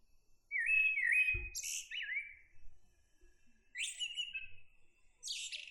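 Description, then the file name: Common blackbird song: mellow, looping whistled phrases interleaved with high, squeaky twitters, plus one low thump partway through. "Turdus merula"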